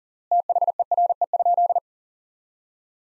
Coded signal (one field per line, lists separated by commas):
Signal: Morse code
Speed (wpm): 40 wpm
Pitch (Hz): 700 Hz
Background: none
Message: THERE?